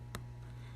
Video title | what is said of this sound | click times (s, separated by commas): GS7 Screen | here click and it's in now put the red antenna cable | 0.2 s